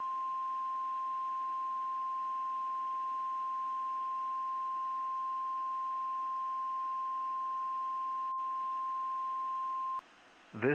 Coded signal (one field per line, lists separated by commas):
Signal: Emergency Alert System (SAME) tones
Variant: 1050 Hz attention tone